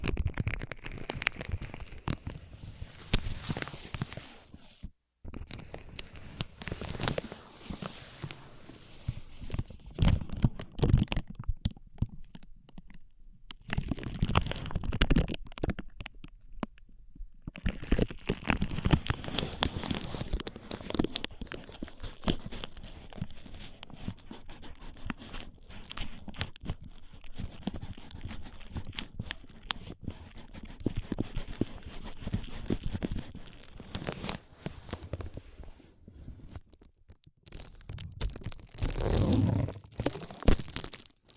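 Ear massage and cleaning sounds: dense, irregular rubbing, crinkling and scratching that runs almost without pause, with short silent gaps around 5, 14–17 and 37 seconds. The texture stays rough and busy, mixing low thumps with brighter, papery scrapes throughout.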